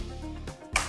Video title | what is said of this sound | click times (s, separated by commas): Ideapad 100 / Lenovo B50 (15 inch) Notebook - Keyboard Replacement | And five. We hear the sound, so they are all in place. | 0.8 s